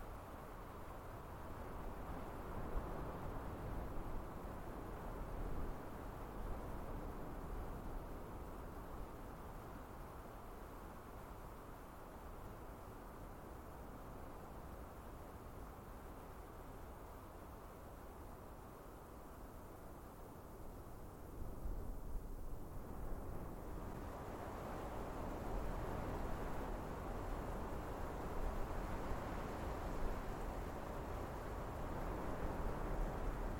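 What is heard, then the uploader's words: A steady, low breeze rushes and rumbles continuously, dense in the low and middle range with little brightness. It eases slightly through the middle, then swells a bit stronger after about 23 seconds and stays fuller to the end. Relaxing Wind Sounds for Sleeping or Stress Relief Nature White Noise. Wind blowing,gentle breeze.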